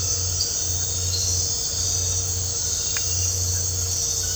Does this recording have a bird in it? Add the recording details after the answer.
no. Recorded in dense forest near Puerto Asís, Putumayo, Colombia, on 8 March 2025 at 00:30. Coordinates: 0.468, -76.322. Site GP01